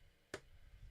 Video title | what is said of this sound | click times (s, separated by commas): TayRayGun: Lumibricks Old West Sheriff's Office | Snap into place. Oh, look at that. Isn't that nice? | 0.3 s